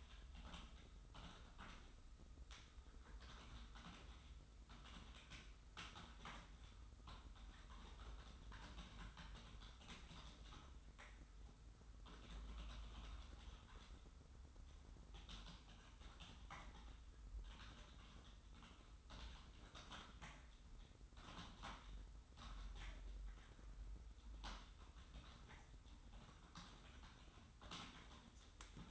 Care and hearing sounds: daily activity, microphone in the room; typing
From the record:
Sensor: 3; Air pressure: 990.9 hPa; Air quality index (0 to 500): 139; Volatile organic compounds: 261 ppm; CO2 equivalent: 4388 ppm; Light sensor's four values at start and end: 37/90/36/35 and 37/90/36/35

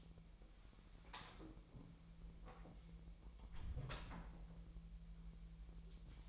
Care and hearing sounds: daily activity, microphone in the room; close door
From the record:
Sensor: 1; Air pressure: 1001.5 hPa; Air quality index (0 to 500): 248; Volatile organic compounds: 126 ppm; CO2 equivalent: 3908 ppm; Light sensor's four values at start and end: 13/31/13/14 and 13/31/13/14

